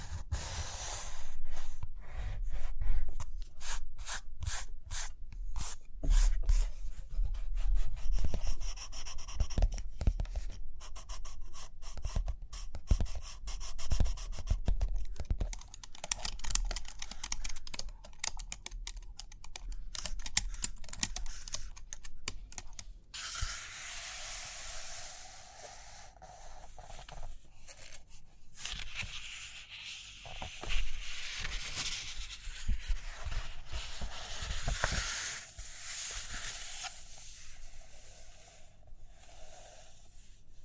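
Pages turning and tapping, then writing or drawing on paper. The first twenty seconds hold quick, dense clicks and taps in irregular bursts, while from about 23 seconds on a steady bright scratching and rubbing takes over, with occasional soft knocks.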